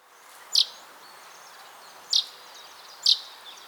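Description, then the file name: Common chaffinch calls: three short, sharp, high chips, irregularly spaced, over a faint steady background hiss. "Fringilla coelebs"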